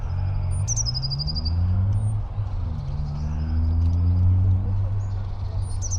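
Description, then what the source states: Eurasian blue tit giving high trilled song phrases over loud low vehicle rumble. Nervous territorial song of disquiet given after a sparrowhawk attacked and chased the bird; first spring blue tit of the year; early March; park with snowmelt water, Gdańsk, Poland.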